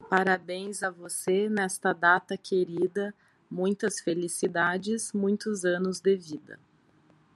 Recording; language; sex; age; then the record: short text; Brazilian Portuguese; female; 40 to 49 years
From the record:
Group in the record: control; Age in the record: 41 years